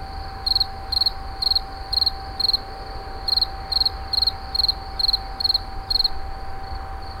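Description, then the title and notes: Insect chirping in short rapid-pulse bursts about twice a second, a brief pause midway, with a steady hum and low background rumble. Recorded in 2011 near a wastewater treatment plant at Moulins-sur-Allier. "Insect near WWTP. 2011, Moulins sur allier"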